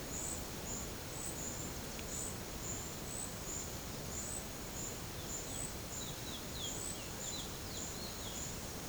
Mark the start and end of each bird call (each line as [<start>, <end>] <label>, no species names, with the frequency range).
[5.07, 8.42] bird call (2.1-5.4 kHz)